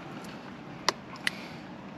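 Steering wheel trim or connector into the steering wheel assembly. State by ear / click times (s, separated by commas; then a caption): not seated / none. During a multifunction steering wheel controls retrofit on a Porsche 911 991.2 Carrera S, a steering wheel trim piece or connector is handled against the steering wheel assembly before being pushed in. Two short, sharp ticks at about 0.9 s and 1.3 s stand out over a low, steady background hiss. Nothing has seated or clicked into place yet.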